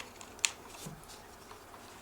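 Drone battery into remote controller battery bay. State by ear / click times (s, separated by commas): seated / 0.4 s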